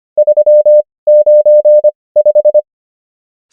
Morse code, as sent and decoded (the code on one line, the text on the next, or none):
...-- ----. .....
395